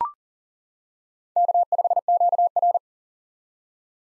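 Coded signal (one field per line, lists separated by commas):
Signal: Morse code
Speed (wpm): 37 wpm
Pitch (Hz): 700 Hz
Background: none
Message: K5QR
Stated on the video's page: Morse head-copy drill at 40 wpm of common SOTA chaser call signs, each sent, spoken, then sent again.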